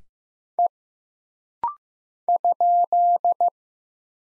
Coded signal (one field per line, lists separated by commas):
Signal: Morse code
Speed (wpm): 15 wpm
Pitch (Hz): 700 Hz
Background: none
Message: E ?